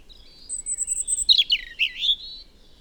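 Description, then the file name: European robin song: a thin high whistle leading into a tumbling, liquid phrase of swooping, warbled notes that rise and fall before fading. "Erithacus rubecula"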